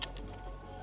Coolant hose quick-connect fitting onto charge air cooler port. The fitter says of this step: again you'll hear an audible click just like that you can release this